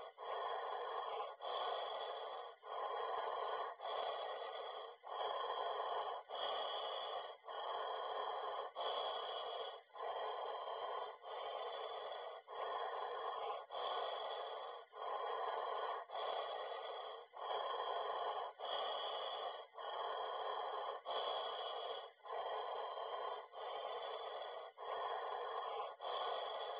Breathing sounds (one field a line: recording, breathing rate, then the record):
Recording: paced breathing near a phone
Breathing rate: 24 breaths a minute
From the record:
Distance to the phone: 20 cm